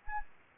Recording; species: mosquito wingbeat signal from an infrared sensor; Anopheles gambiae